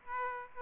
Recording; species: mosquito wingbeat signal from an infrared sensor; Aedes aegypti